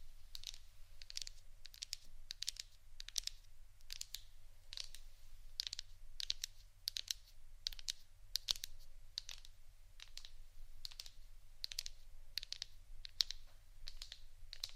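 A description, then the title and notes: Soft tapping goes on steadily, light crisp clicks falling about two or three times a second with small irregular gaps, much like typing on a keyboard. The taps are bright and thin, and a faint low hum runs underneath throughout. ASMR Soft TAPPING for Sleep 3Dio （No Talking）.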